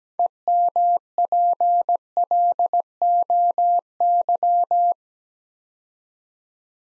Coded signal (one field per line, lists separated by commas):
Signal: Morse code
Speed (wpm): 17 wpm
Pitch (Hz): 700 Hz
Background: none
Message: EMPLOY